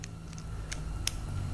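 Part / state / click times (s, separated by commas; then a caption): emergency key blade into car key fob housing / seated / 1.1 s. During a Nissan Leaf key fob battery replacement, the emergency metal key blade is slid back into the plastic key fob housing. Light ticks at about 0.0, 0.3, 0.4 and 0.7 s sound over a low steady hum as the blade goes in. A sharp, louder click at 1.1 s marks it latching and locking home.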